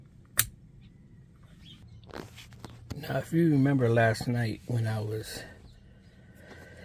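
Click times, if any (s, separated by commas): 0.4 s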